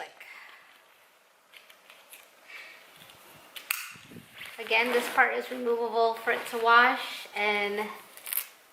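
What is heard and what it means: On a Graco Duet Sway LX Swing and Bouncer, the shoulder-strap buckle tongues of the baby swing seat's harness are pushed back into the main crotch buckle, giving a small click at 3.6 s and a sharp snap at 3.7 s. The tongues are seated in the main buckle, and someone talks afterward.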